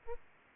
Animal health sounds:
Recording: mosquito wingbeat signal from an infrared sensor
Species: Aedes aegypti

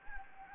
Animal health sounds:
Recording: mosquito wingbeat signal from an infrared sensor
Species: Anopheles gambiae

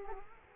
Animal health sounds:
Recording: mosquito wingbeat signal from an infrared sensor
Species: Culex quinquefasciatus

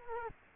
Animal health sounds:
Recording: mosquito wingbeat signal from an infrared sensor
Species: Culex quinquefasciatus

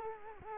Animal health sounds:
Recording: mosquito wingbeat signal from an infrared sensor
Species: Culex quinquefasciatus

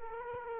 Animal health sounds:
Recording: mosquito wingbeat signal from an infrared sensor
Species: Culex quinquefasciatus

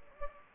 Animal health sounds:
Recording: mosquito wingbeat signal from an infrared sensor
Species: Anopheles gambiae

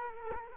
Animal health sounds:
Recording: mosquito wingbeat signal from an infrared sensor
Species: Culex quinquefasciatus

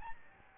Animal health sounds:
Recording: mosquito wingbeat signal from an infrared sensor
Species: Aedes albopictus

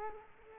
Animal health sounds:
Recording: mosquito wingbeat signal from an infrared sensor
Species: Culex quinquefasciatus

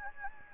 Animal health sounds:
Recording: mosquito wingbeat signal from an infrared sensor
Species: Anopheles gambiae

